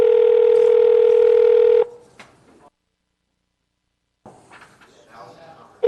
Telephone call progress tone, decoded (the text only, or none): ringback tone